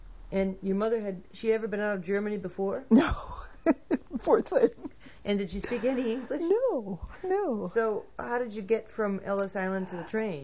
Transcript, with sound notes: And your mother had, had she ever been out of Germany before?
No, poor thing. ( she laughs )
And did she speak any English?
No, no.
So how did you get from Ellis Island to the train?